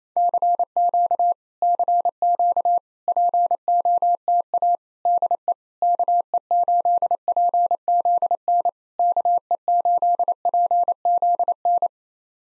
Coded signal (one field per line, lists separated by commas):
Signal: Morse code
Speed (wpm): 28 wpm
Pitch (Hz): 700 Hz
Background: none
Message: CQ CQ POTA DE KE8PZN KE8PZN